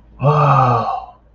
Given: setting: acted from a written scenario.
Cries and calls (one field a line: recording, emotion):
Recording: vocal sound without words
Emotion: awe